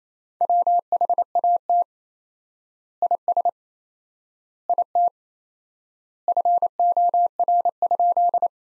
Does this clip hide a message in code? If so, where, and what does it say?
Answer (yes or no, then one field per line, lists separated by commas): yes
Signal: Morse code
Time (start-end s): 0.4-8.5 s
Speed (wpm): 28 wpm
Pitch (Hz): 700 Hz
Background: none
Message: WHAT IS IT FOR?